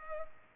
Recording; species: mosquito wingbeat signal from an infrared sensor; Culex pipiens